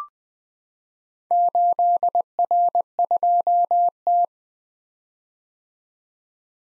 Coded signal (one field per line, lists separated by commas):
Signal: Morse code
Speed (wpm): 20 wpm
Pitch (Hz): 700 Hz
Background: none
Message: 8R2T